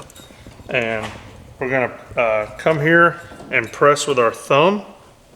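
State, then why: Not seated. Someone talks while handling the narrower ring clamp fitted on a Mimaki Kebab HS OPT-J0528 rotary printing attachment, swapped in for the wide ring because it grips better, and gets ready to press the ring's release with a thumb so it ratchets tight. A couple of faint handling taps sound near the start, but nothing has clicked or seated yet; the ring has not tightened to let the holder grip and spin.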